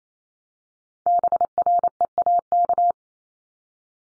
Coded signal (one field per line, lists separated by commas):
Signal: Morse code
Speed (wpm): 28 wpm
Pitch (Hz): 700 Hz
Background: none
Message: BREAK